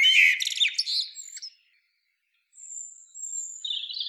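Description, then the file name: Common blackbird gives one brief warbled phrase with a scratchy ending, followed by a faint thin high note and soft twittering. "Turdus merula"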